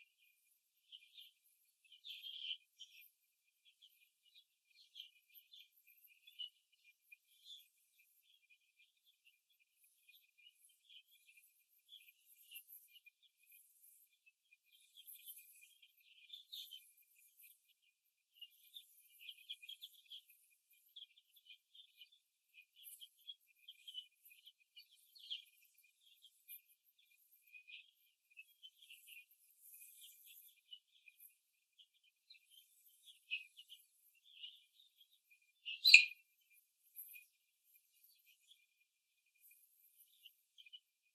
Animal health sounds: young laying hens in a cage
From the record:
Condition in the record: after the stressor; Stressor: simulated dog barking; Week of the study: 2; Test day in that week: 2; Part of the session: 1

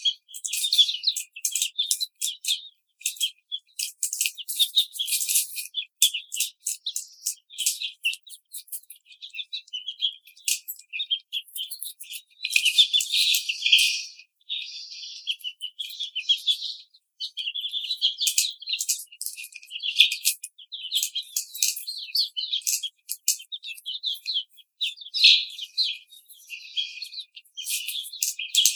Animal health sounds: young laying hens in a cage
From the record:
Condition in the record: treatment cage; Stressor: simulated dog barking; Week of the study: 5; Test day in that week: 1

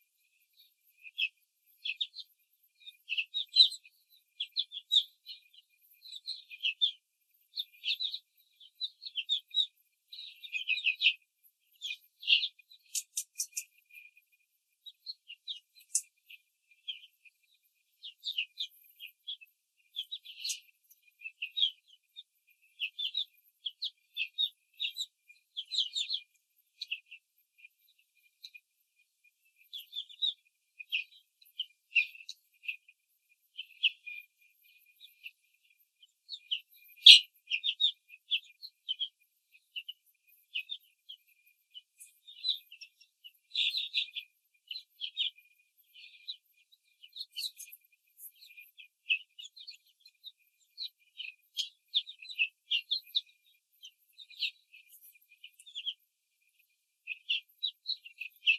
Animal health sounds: young laying hens in a cage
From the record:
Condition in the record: control cage, before the stress test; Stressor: none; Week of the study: 4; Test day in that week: 3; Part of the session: 1

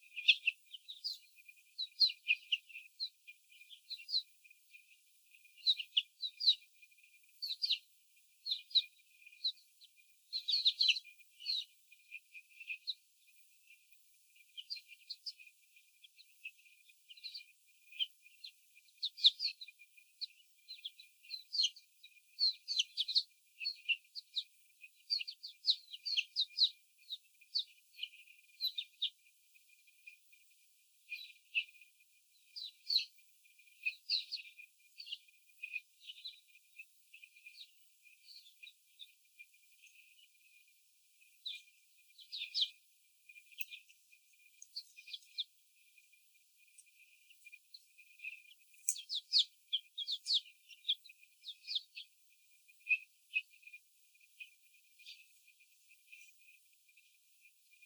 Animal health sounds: young laying hens in a cage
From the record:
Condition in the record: before the stressor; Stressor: sudden umbrella opening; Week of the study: 3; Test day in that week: 2

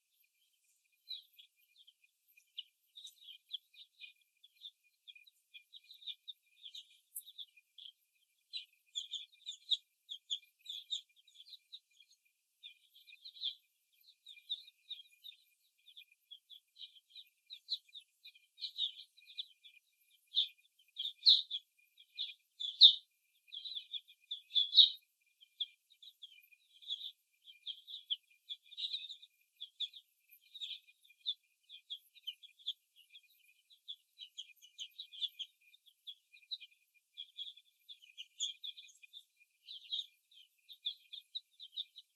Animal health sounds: young laying hens in a cage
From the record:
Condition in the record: before the stressor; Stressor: simulated dog barking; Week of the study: 1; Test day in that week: 2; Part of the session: 3

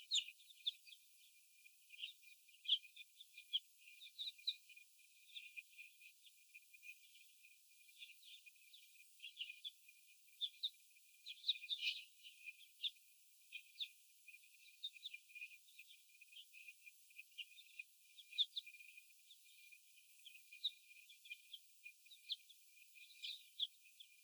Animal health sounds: young laying hens in a cage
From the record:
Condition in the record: after the stressor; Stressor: sudden umbrella opening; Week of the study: 2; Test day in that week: 1

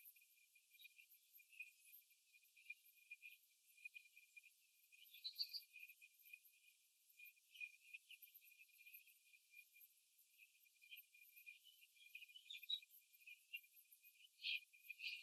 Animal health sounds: young laying hens in a cage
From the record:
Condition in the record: after the stressor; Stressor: simulated dog barking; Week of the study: 3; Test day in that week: 1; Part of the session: 2

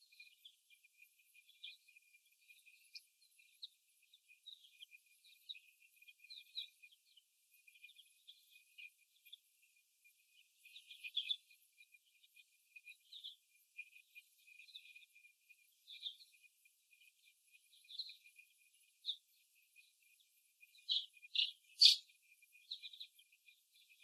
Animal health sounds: young laying hens in a cage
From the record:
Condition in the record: before the stressor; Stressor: simulated dog barking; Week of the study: 1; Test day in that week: 1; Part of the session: 3

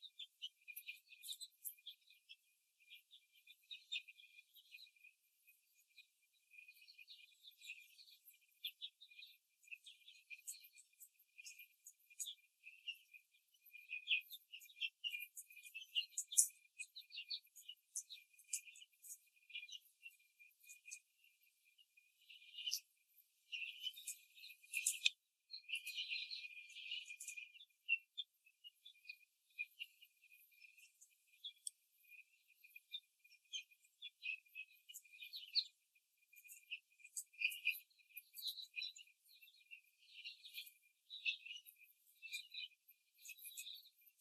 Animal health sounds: young laying hens in a cage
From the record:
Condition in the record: before the stressor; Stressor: simulated dog barking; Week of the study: 3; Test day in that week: 2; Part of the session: 1

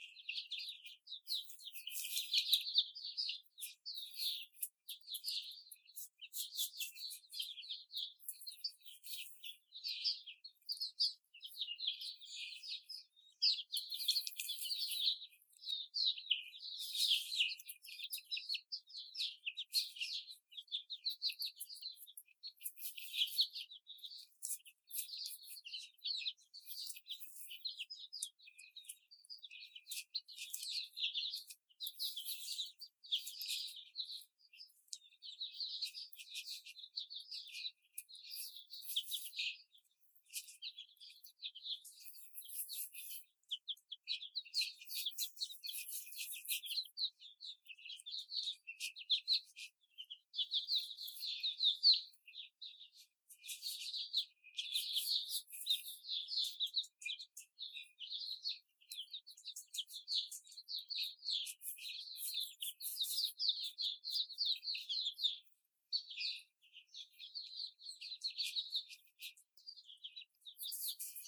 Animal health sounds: young laying hens in a cage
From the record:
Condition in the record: before the stressor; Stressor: simulated dog barking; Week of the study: 4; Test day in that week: 2

